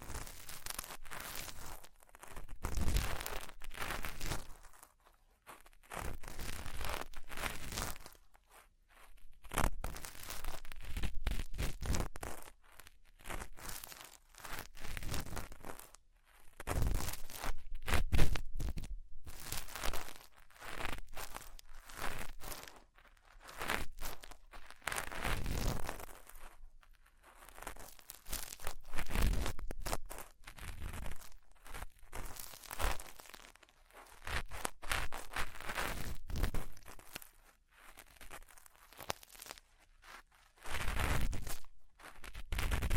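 Deep ear cleaning sounds: irregular bursts of crinkly, crunchy scratching and rustling that swell and fade every few seconds, with brief quiet gaps.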